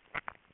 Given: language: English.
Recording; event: throat vibration sensor signal played as sound; swallow